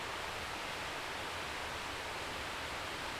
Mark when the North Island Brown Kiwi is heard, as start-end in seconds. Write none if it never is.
none